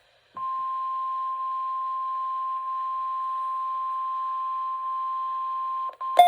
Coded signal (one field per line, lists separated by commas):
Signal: Emergency Alert System (SAME) tones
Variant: 1050 Hz attention tone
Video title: EAS 33: Required Weekly Test